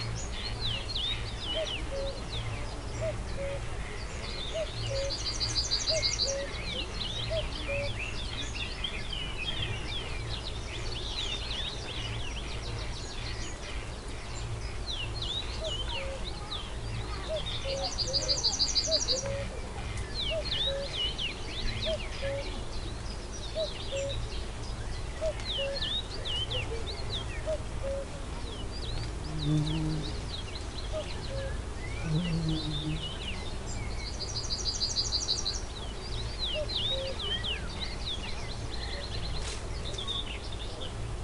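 Woodland noises: a steady low hum runs underneath many small, bright bird chirps and calls scattered throughout. Three brief, high buzzing bursts stand out, near 5, 18 and 35 seconds, and a few low knocks appear around 30 seconds.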